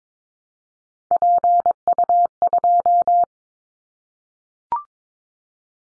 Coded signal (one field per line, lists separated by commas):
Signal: Morse code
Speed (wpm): 22 wpm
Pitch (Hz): 700 Hz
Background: none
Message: PU2